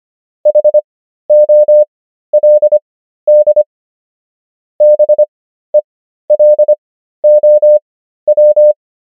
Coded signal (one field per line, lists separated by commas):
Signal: Morse code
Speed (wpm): 25 wpm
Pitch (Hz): 600 Hz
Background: none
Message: HOLD BELOW